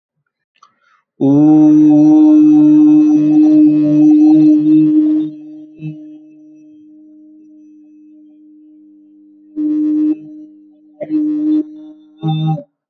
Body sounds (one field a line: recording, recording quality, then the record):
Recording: sustained vowel as in boot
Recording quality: excellent, no background noise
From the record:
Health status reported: healthy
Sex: male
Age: 25 years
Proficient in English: yes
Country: India